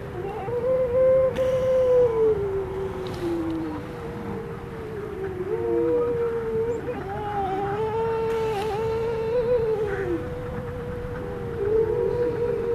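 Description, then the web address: Grey seal howling: several long, eerie, wavering moans that rise and fall, one after another, over a low background rumble. "gray seal"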